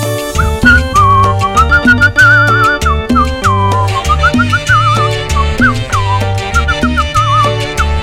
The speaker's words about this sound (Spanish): Bien que chifla usted, ¿eh?